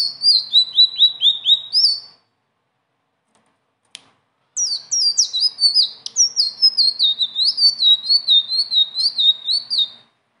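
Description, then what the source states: Leafbird song: rhythmic series of descending whistled notes, a short pause with one click, then a long, steady run of chattering high phrases. Bird singing persistently (gacor) with rolling phrases (ngeroll) and fill-in phrases (isian); training song (masteran).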